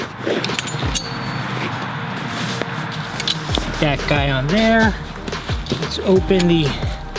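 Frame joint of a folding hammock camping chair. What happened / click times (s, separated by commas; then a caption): The frame is being handled and has not locked yet / none. Someone talks while handling the folding frame of a DeerFamy hammock camping chair, with scattered short clinks and knocks as the frame is opened. The frame joint has not snapped into place yet; nothing has seated or clicked by the end of the clip.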